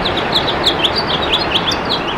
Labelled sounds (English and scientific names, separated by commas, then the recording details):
House Finch (Haemorhous mexicanus) song
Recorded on Long Island, New York, on 26 June 2012
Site BW
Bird A